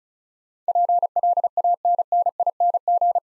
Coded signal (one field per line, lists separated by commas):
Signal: Morse code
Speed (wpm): 34 wpm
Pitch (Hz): 700 Hz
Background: none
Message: PLANNING